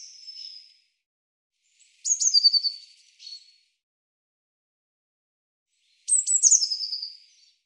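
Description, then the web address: Eurasian blue tit giving high thin notes and descending buzzy churring calls, several phrases spaced a few seconds apart, no other sounds. "cianscape birddata Deverinetal 2025 File cleaned normalized Bird Cy Ca"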